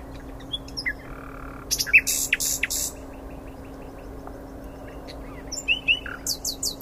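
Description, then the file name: Common nightingale song: scattered phrases of buzzy bursts and clicks separated by quiet pauses, ending in a short series of high repeated notes. "Luscinia megarhynchos"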